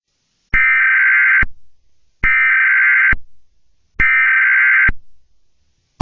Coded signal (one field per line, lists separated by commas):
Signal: Emergency Alert System (SAME) tones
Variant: header bursts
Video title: EAS Scenario - Grand Theft Furry